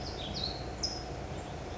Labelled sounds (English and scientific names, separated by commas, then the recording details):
California Towhee (Melozone crissalis)
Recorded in Sonoma County, California